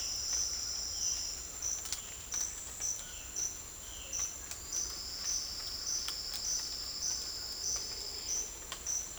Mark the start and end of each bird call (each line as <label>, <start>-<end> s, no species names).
bird call, 0.00-4.42 s